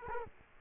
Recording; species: mosquito wingbeat signal from an infrared sensor; Culex quinquefasciatus